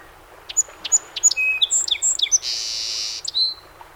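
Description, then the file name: Song sparrow singing a full phrase: three sharp opening notes, a flurry of whistles and chips, a long buzzy trill, then a final clear whistle. Recorded 7 June 2018; recording holds 21 songs. "2018-06-07 SOSP 21 Songs"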